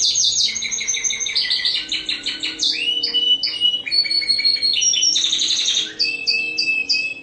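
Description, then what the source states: Spanish Timbrado canary pouring out rapid rolling trills and quick repeated notes, changing tempo and pitch from phrase to phrase without pause. Spanish Timbrado canary singing actively (gacor) with long rolling song (ngerol panjang).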